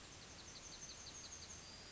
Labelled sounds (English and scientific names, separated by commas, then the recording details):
Yellowhammer (Emberiza citrinella) song
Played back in forest
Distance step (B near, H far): F
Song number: 007